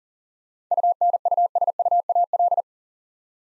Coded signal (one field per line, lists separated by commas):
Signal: Morse code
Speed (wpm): 40 wpm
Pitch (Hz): 700 Hz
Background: none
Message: UNUSUAL